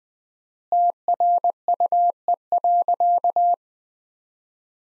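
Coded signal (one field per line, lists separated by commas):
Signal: Morse code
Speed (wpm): 20 wpm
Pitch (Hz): 700 Hz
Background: none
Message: TRUE.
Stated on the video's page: Morse practice sentences at 20 wpm with 4x standard word spacing, a word-level analogue of Farnsworth spacing.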